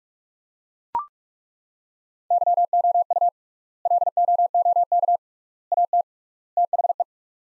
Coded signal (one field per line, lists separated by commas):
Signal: Morse code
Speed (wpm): 41 wpm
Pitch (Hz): 700 Hz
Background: none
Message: YOU LOOK AT THE